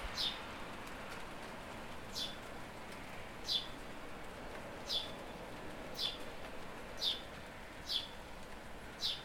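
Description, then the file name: House sparrow giving single sharp chirps, each a brief falling note, spaced one to two seconds apart over a soft hiss. "Passer domesticus"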